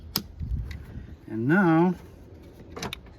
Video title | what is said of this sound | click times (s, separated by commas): Nissan Frontier 2005-2018 door lock repair. Door lock actuator replacement. | make sure it clicks | 0.2 s